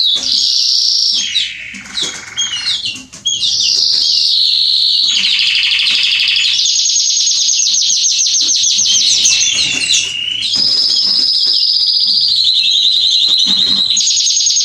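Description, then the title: Belgian canary song, a continuous run of varied rolling trills and buzzy tours, with quick chirps between phrases. Male Belgian canary singing a lot, used to warm up and train young canaries. "Canary Training. Esquente Seu Filhote E Canario Belga Macho Cantando Muito. CANTO DO CANRIO"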